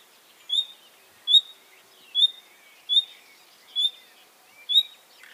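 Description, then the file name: Common nightingale giving six clear whistled notes, evenly spaced, over a quiet background. "Luscinia megarhynchos"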